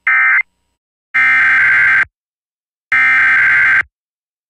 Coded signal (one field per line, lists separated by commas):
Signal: Emergency Alert System (SAME) tones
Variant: header bursts